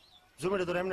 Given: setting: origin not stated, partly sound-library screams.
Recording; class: one-second piece from a danger detection set; normal situation